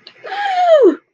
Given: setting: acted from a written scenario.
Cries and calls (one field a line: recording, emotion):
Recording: vocal sound without words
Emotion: pride